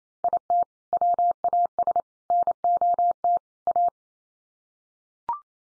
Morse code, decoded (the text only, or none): IT WAS NOT A